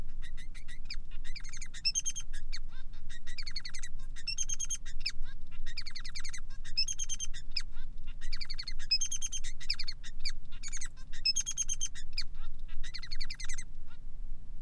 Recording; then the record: song of a male Bengalese finch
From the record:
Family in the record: son of father 3